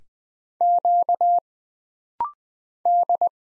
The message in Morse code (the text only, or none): Q D